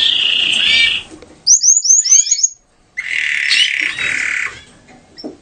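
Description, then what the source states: Canary song fragments: a buzzy held note, then a quick run of descending whistled chirps, followed by another harsh buzzy phrase. Female canary.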